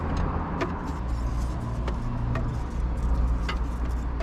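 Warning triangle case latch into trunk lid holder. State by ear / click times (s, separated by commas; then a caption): not seated / none. A plastic latch on a BMW warning triangle case is handled near its hole in the holder inside the trunk lid, over a steady low rumble. A few light taps and knocks are heard, the sharpest near 2.4 and 3.5 seconds. Nothing has snapped in or seated yet.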